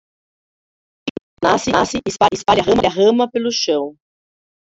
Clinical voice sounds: short text; Brazilian Portuguese; female; 50 to 59 years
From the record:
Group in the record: control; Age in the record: 52 years

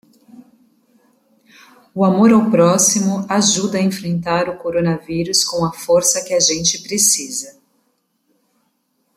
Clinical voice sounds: spoken sentence; Brazilian Portuguese; female; 30 to 39 years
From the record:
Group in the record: control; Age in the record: 36 years

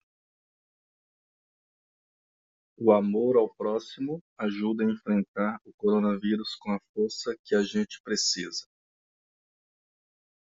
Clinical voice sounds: spoken sentence; Brazilian Portuguese; male; 40 to 49 years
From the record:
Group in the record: control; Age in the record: 44 years

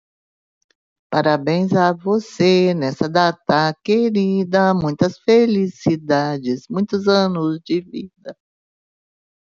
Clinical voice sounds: short text; Brazilian Portuguese; female; 50 to 59 years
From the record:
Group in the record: control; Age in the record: 59 years

